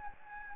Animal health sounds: mosquito wingbeat signal from an infrared sensor; Anopheles gambiae

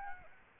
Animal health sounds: mosquito wingbeat signal from an infrared sensor; Aedes aegypti

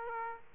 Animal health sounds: mosquito wingbeat signal from an infrared sensor; Aedes aegypti

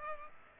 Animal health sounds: mosquito wingbeat signal from an infrared sensor; Culex pipiens

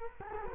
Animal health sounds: mosquito wingbeat signal from an infrared sensor; Culex quinquefasciatus

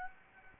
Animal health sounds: mosquito wingbeat signal from an infrared sensor; Aedes aegypti

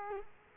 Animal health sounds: mosquito wingbeat signal from an infrared sensor; Culex quinquefasciatus

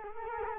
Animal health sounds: mosquito wingbeat signal from an infrared sensor; Culex quinquefasciatus

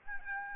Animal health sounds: mosquito wingbeat signal from an infrared sensor; Aedes albopictus

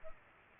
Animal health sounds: mosquito wingbeat signal from an infrared sensor; Culex pipiens

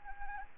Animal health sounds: mosquito wingbeat signal from an infrared sensor; Anopheles arabiensis

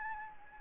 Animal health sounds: mosquito wingbeat signal from an infrared sensor; Anopheles gambiae

